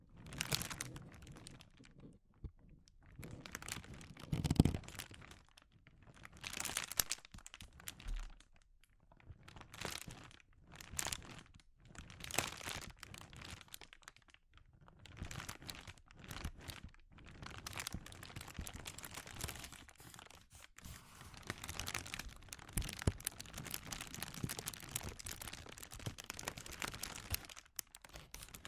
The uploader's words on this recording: ASMR Sensitive Crinkles (No Talking).